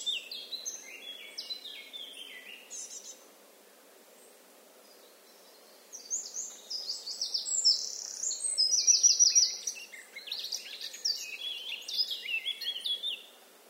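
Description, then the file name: Eurasian blackcap song: a brief warbled phrase, a silent pause of about three seconds, then a longer, louder run of chattering and fluty notes including a quick repeated trill. "Sylvia atricapilla"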